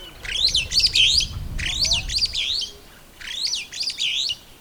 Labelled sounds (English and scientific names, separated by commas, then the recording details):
Superb Starling (Lamprotornis superbus) flight call
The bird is a female
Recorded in Kenya on 11 April 2009 at 11:13
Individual 54, of group MRC1